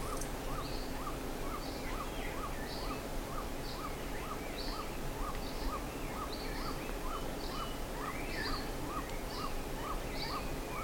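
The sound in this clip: Bird giving rapid, evenly spaced short notes, about two per second, with higher chirps scattered above and steady background noise.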